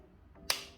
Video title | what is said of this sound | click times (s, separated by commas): Before you buy Dolce and Gabbana Intenso EDP- IS IT WORTH THE PRICE? | hear a click. Okay, so | 0.5 s